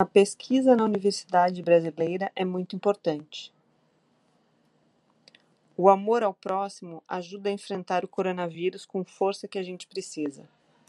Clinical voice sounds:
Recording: spoken sentence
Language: Brazilian Portuguese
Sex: female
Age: 40 to 49 years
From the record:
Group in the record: control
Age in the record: 43 years

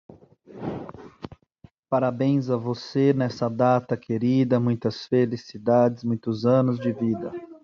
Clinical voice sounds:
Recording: short text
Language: Brazilian Portuguese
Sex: male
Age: 30 to 39 years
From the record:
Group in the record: control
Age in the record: 35 years

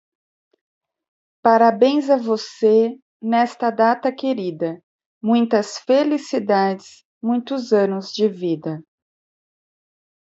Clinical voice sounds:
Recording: short text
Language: Brazilian Portuguese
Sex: female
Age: 40 to 49 years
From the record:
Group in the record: control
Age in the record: 49 years

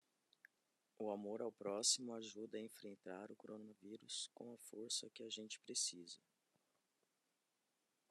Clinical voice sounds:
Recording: spoken sentence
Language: Brazilian Portuguese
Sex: female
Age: 40 to 49 years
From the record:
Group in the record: control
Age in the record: 40 years

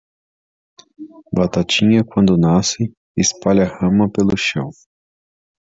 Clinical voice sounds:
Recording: short text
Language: Brazilian Portuguese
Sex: male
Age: 30 to 39 years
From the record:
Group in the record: control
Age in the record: 38 years

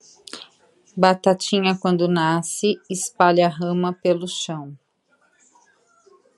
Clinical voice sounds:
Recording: short text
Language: Brazilian Portuguese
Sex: female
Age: 40 to 49 years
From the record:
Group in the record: control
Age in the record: 44 years

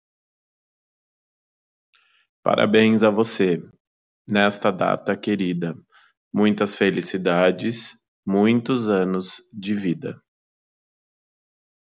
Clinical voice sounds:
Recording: short text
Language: Brazilian Portuguese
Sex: male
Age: 30 to 39 years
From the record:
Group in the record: control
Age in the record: 35 years

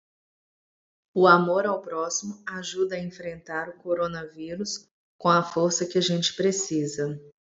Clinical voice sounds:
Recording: spoken sentence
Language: Brazilian Portuguese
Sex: female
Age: 40 to 49 years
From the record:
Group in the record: control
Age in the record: 42 years

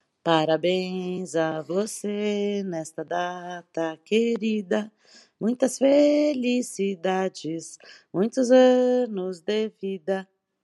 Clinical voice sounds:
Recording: short text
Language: Brazilian Portuguese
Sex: female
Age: 40 to 49 years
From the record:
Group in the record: control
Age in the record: 46 years

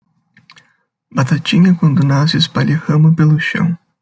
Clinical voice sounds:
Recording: short text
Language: Brazilian Portuguese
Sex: male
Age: 20 to 29 years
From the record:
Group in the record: control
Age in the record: 22 years

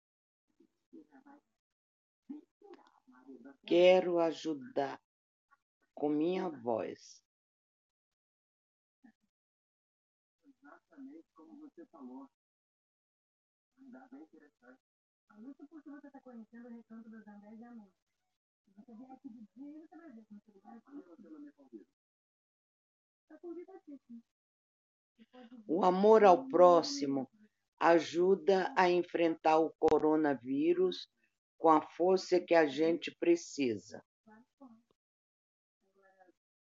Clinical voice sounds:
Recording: spoken sentence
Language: Brazilian Portuguese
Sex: female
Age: 70 to 79 years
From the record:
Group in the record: control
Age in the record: 73 years

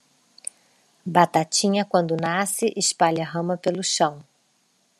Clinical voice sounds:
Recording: short text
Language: Brazilian Portuguese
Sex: female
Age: 40 to 49 years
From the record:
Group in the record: control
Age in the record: 48 years

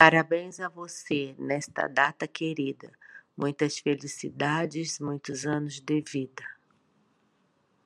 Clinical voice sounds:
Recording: short text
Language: Brazilian Portuguese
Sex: female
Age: 60 to 69 years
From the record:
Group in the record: control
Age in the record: 60 years

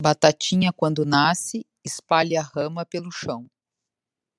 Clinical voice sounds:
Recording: short text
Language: Brazilian Portuguese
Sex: female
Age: 50 to 59 years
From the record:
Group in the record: control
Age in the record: 58 years

